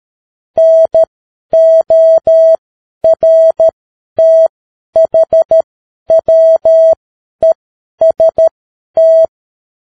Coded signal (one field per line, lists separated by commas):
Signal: Morse code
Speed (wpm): 13 wpm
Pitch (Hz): 650 Hz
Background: none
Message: NORTHWEST